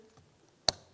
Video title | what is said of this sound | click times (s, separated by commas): How to Replace Door Mirror Switch 2002-2005 Ford Explorer | Listen for a click, give it a tug. | 0.7 s